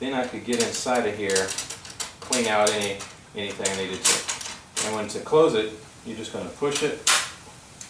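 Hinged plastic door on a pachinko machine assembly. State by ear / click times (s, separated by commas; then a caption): seated / 7.8 s. Someone talks while pushing a hinged plastic access door on the back of a Nishijin pachinko machine assembly closed until its tabs snap. A short, sharp tick at 7.8 s marks the door latching shut.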